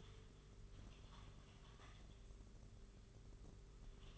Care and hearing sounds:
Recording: daily activity, microphone in the room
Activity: typing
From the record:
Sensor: 4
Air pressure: 991.8 hPa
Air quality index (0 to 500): 120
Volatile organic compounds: 27 ppm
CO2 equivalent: 2880 ppm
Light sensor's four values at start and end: 20/65/24/24 and 20/65/24/24

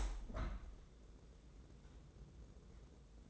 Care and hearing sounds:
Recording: daily activity, microphone in the room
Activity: open window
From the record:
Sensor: 3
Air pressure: 1012.2 hPa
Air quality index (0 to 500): 103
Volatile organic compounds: 1 ppm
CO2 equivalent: 817 ppm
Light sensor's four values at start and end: 178/426/174/161 and 175/419/172/160

